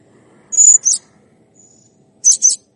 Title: Masteran Burung Serindit Masteran Serindit Gacor Jernih